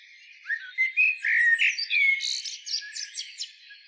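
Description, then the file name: Eurasian blackbird delivering one warbling whistled phrase that tails into a scratchy, high-pitched chatter. "Turdus merula"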